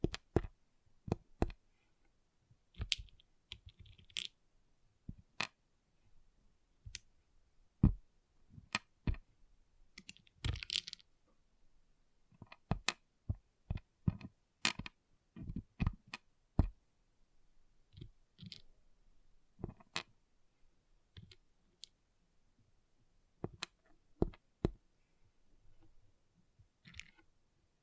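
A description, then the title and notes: Small plastic pixel art beads click and rattle in sharp, irregular taps, sometimes in quick clusters, with near-silent pauses between. ASMR Relaxing Pixel Art Beads ( No Talking).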